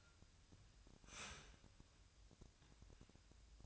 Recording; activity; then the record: daily activity, microphone in the room; start toaster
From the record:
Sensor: 2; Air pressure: 1001.8 hPa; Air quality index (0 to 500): 245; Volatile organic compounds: 36 ppm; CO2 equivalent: 3087 ppm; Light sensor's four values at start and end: 9/30/12/11 and 9/30/12/11